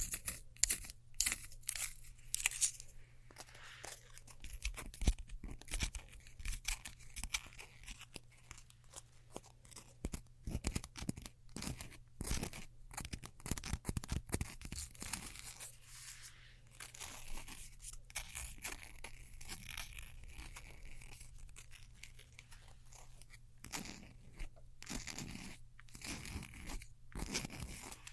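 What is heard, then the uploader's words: Sticky tape is being pulled and torn in short, sharp bursts, with crinkly, crunchy handling sounds between them. The tearing comes in dense clusters around the start, from ten to fifteen seconds, and again near the end. A steady low hum runs underneath throughout. ASMR Neon Triggers（no Talking）. Sticky Tape. Scissors.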